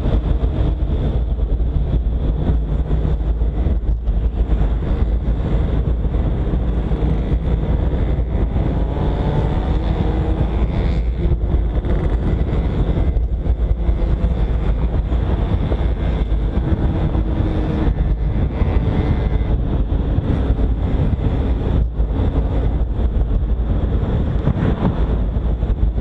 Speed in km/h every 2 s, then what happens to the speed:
44, 46, 47, 48, 48, 51, 50, 52, 53, 51, 51, 55, 53.
0-26 speeds up to 53.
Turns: none.